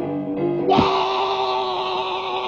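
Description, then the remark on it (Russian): A voice imitates an inhuman scream coming from the thickets: a sustained, strained wailing cry that jumps upward in pitch early on, then holds a harsh, raspy high tone for about two seconds, loud and alone. “В это время из зарослей раздается нечеловеческий крик.”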